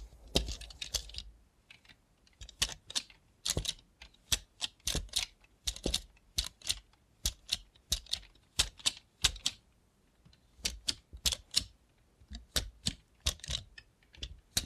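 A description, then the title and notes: A robot hand makes crisp, sharp tapping clicks in quick, uneven bursts that sound like typing on a typewriter. The taps run through most of the clip, pausing briefly around two seconds and again near ten seconds, over a quiet background. Try ASMR with a Robot Hand (No Talking).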